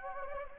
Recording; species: mosquito wingbeat signal from an infrared sensor; Anopheles gambiae